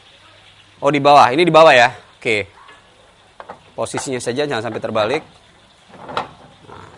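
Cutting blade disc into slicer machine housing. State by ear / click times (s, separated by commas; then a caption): seated / 6.2 s. A slice-cutting blade disc is fitted blade side up into the housing of a Mustofa MKS-PRJ400 three-shape potato slicer machine (dice, chips and sticks) while someone talks. Light handling taps are heard around 3.4 and 3.5 seconds, then a sharp knock at 6.2 seconds as the disc seats. The blade disc is locked into place.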